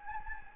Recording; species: mosquito wingbeat signal from an infrared sensor; Anopheles gambiae